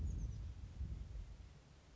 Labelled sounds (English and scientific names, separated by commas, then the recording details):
Oak Titmouse (Baeolophus inornatus)
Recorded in Sonoma County, California